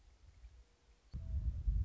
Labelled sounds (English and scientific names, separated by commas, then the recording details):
Mourning Dove (Zenaida macroura)
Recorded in Sonoma County, California